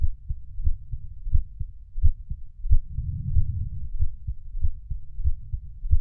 Heartbeat with deep breaths.